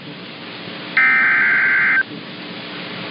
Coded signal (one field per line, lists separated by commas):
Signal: Emergency Alert System (SAME) tones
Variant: header bursts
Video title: Severe Thunderstorm Warning (DESTRUCTIVE.) || 04-26-26 (EAS #TBD)